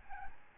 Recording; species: mosquito wingbeat signal from an infrared sensor; Aedes albopictus